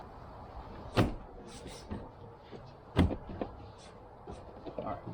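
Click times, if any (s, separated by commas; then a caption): 3.0 s. A plastic cup holder trim panel is pressed back onto its hidden fastener clips in a Jeep JLU center console to make sure it pops into place. After a sharp knock near 1.0 s, it snaps in at 3.0 s, followed by a few smaller clicks and rustles, and the panel is seated. Someone talks.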